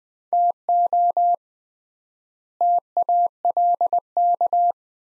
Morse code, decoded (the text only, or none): TO TALK